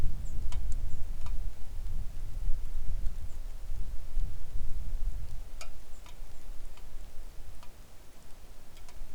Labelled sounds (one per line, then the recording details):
songbird
wind
rain
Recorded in the Arctic National Wildlife Refuge, Alaska, on 3 August 2019 at 10:04
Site 41